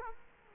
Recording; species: mosquito wingbeat signal from an infrared sensor; Culex quinquefasciatus